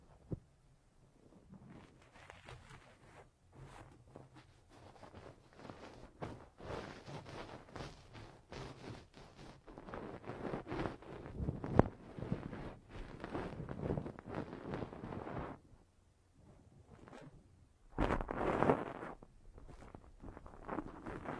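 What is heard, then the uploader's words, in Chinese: Ear-cleaning ASMR sounds: dense scratching and rustling that builds after a quiet start and stays busy until about 15 seconds. After a short lull, a louder, brighter burst of scraping comes near 18 seconds, then softer rubbing continues to the end. 8D掏耳朵！360° 环绕触发。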